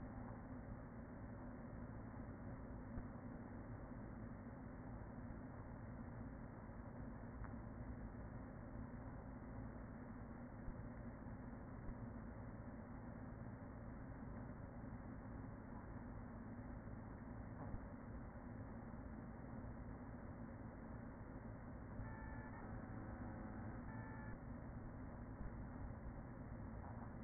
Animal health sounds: honeybee colony, microphone inside the hive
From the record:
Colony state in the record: queen present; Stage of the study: after two queens were removed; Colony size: about 40,000 bees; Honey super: no

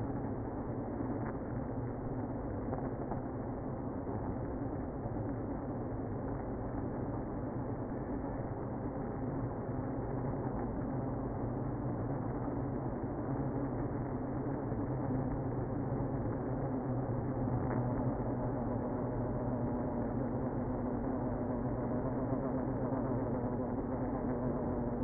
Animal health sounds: honeybee colony, microphone inside the hive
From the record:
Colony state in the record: queenless (queen removed); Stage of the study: after two queens were removed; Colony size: about 60,000 bees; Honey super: yes

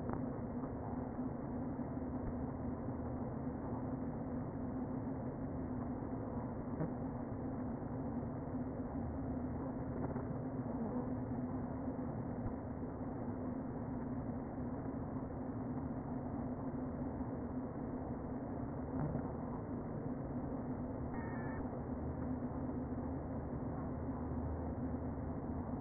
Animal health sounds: honeybee colony, microphone inside the hive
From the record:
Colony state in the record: queen present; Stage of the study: before two queens were removed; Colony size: about 60,000 bees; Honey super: yes

